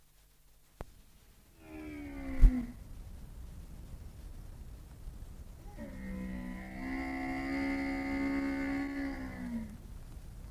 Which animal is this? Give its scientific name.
Camelus dromedarius